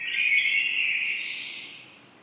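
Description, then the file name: Common blackbird giving a single smooth fluted phrase that fades out with a faint high twitter. "Turdus merula"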